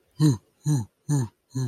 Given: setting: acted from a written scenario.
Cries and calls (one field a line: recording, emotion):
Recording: vocal sound without words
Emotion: amusement